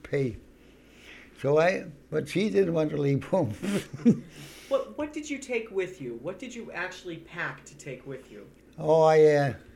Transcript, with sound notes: pay. So I, but she didn't want to leave home. ( he laughs )
What did you take with you? What did you actually pack to take with you?
Oh, I